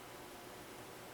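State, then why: Not seated. With its locking tab bent back out, a cooling fan's wire connector is handled at its plastic header on the power supply board of a Delta DPS-300AB-24 B power supply, using an old Sunon fan. Only a steady, hiss-like broadband noise is heard, with no sharp sounds. Nothing has seated or clicked yet.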